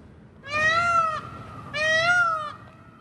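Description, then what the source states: Peafowl calls: two loud, nasal, wailing cries rich in harmonics, each under a second long and about half a second apart. Peafowl roaming backyards in a Southern California neighborhood, calling around to each other during mating season, their loudest season.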